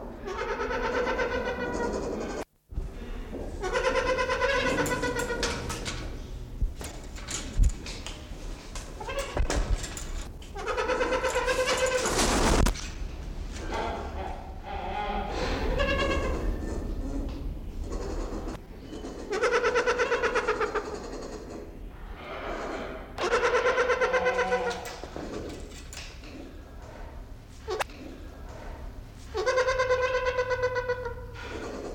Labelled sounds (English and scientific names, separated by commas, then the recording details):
White-crowned Hornbill (Berenicornis comatus)
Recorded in captivity
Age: adult
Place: Zoo Berlin, Berlin, DE
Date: 1992-12-05 11:42
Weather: schwach sonnig, ca. 4°C
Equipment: Marantz CP 430, Sennheiser ME 80, Kopie Tesla B 116
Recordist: Tembrock, Günter